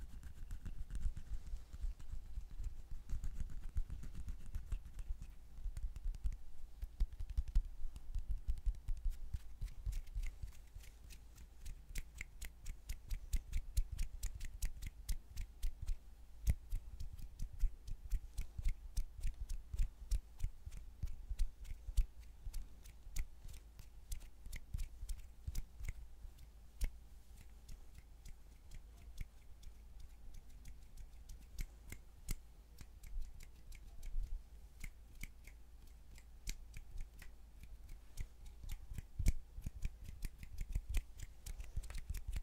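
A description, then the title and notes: Hand sounds: a steady stream of small, crisp clicks, snaps and rustles, packed densely and irregularly for the whole clip, with sharper accents scattered throughout. A low, soft rumble sits underneath, and the overall level stays fairly even. ASMR The BEST Hand Sounds.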